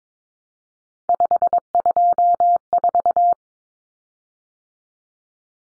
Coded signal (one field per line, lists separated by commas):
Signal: Morse code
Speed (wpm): 22 wpm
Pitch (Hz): 700 Hz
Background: none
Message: 524